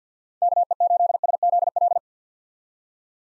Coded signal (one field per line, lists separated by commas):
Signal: Morse code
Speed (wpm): 50 wpm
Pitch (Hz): 700 Hz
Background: none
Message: KE8SZL